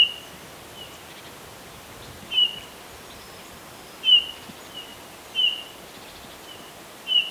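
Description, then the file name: Eurasian bullfinch repeating soft, plaintive whistled notes at irregular intervals, with fainter notes between, against steady faint background noise. "Pyrrhula pyrrhula"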